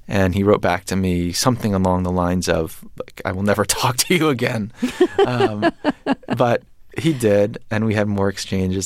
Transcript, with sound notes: And he wrote back to me something along the lines of, like, I will never talk to you again. (Laughter) But he did, and we had more exchanges.